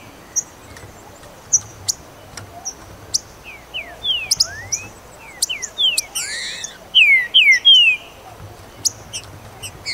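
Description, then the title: Green-winged saltator singing a run of clear slurred whistles that builds into a louder, rapid phrase late on, with scattered sharp high clicks and chirps in the background. "Trinca Ferro"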